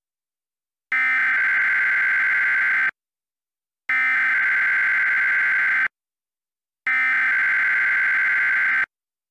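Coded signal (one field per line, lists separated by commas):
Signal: Emergency Alert System (SAME) tones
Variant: header bursts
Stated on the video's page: Mock EAS alert, a simulated tornado drill for severe weather preparedness week.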